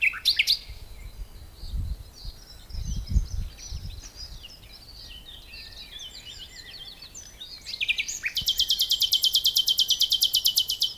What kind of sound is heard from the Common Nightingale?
song